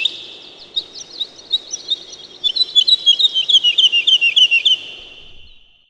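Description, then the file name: Woodlark delivering a rolling phrase of repeated liquid notes, starting spaced and speeding into a fast descending trill before fading out. "жаворонок лесной"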